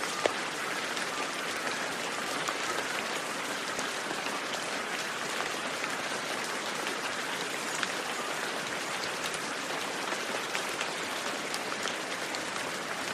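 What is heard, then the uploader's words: Steady rain falls throughout, a dense, even hiss of countless drops with no pauses or build-up. The sound sits mostly in the bright middle and upper range, with fine crackling detail like droplets hitting a hard surface. Serene Rain Sounds.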